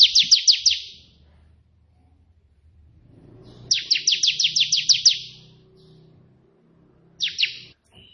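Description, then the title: Prinia song: rapid buzzy runs of two to eight notes separated by pauses, with a low hum in the background between bursts. White prenjak song in three 'tembakan' variations, suitable for tutoring pet prenjak. "3 VARIASI TEMBAKAN prenjak putih ini COCOK untuk masteran prenjak anda"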